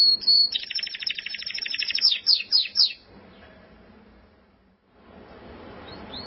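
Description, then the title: Canary-type song: a short dense buzzy trill with a few downslurred notes, then quiet with faint background hiss and a couple of soft high notes. "Kenari"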